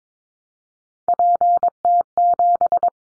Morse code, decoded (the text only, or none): PT7